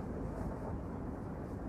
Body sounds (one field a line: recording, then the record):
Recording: background sound without coughing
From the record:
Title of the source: Train Ride Ambience ambient white noise for sleeping, focus, studying, reading